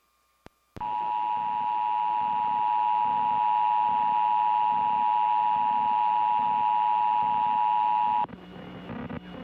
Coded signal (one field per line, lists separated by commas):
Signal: Emergency Alert System (SAME) tones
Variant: 853 and 960 Hz attention tone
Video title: KGW News Channel 8 (NBC) Emergency Alert System Test